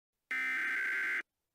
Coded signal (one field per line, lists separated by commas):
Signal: Emergency Alert System (SAME) tones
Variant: header bursts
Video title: EAS Mock Scenario: Real-Life Fortnite